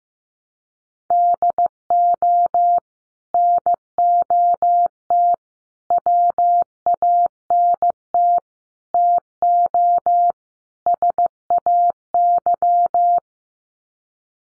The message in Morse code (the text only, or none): DO NOT WANT TO SAY